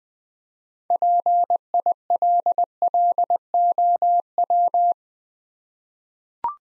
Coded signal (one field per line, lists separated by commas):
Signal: Morse code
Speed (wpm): 20 wpm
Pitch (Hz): 700 Hz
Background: none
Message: PILLOW